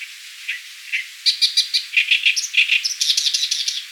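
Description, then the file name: Oriental reed warbler song of many harsh, scratchy syllables in quick succession, shifting between lower and higher notes. "Acrocephalus orientalis"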